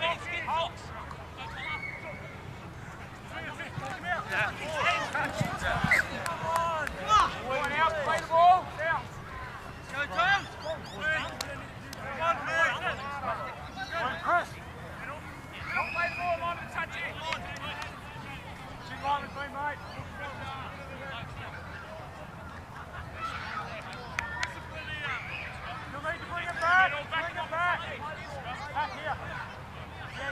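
Crowd voices at a rugby league match form a dense, continuous murmur of overlapping talk and calls. Louder shouts rise out of the chatter now and then, notably around five to nine seconds and again near the end, over a steady low rumble.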